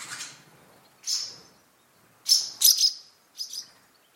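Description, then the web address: Bird calls, sharp high chirps in short clusters, a pair near the start and a quick run of three then two notes later, separated by brief silences. "Bird Only"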